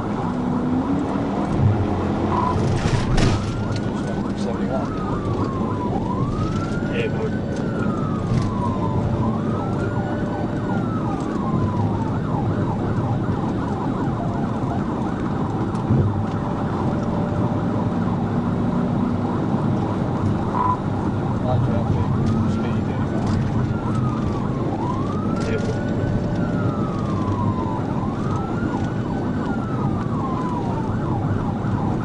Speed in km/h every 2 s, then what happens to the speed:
118, 126, 129, 137, 138, 142, 138, 135, 140, 142, 135, 134, 138, 137, 137, 137.
0-10 speeds up to 142. 10-32 steady at about 137.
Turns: none.